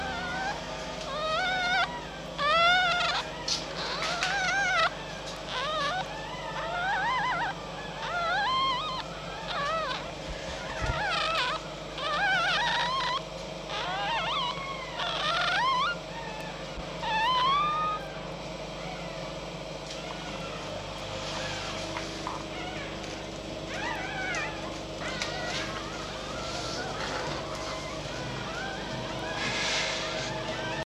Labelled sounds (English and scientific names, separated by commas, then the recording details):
Red Fox (Vulpes vulpes)
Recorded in captivity
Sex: female
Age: juvenile
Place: Zoologisches Institut der HUB, Berlin, DE
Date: 1956-04-01 13:00
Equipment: Elmetra
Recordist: Tembrock, Günter
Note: Zenzi-Welpen (Weibchen 3): Quärren